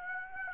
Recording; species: mosquito wingbeat signal from an infrared sensor; Aedes aegypti